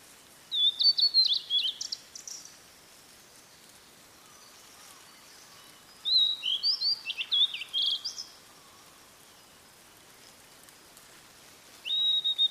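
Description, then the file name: Blue-and-white flycatcher song, high whistled phrases with quick slurred notes and a buzzy finish, repeated about every five seconds over a steady background hiss. "oruri"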